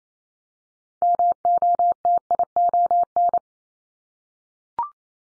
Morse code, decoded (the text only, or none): MOTION